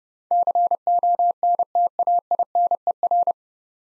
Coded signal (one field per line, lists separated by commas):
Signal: Morse code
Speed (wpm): 30 wpm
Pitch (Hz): 700 Hz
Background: none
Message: CONTAINER